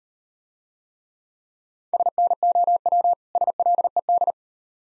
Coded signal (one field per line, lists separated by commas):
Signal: Morse code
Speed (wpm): 38 wpm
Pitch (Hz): 700 Hz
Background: none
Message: SNOW SLED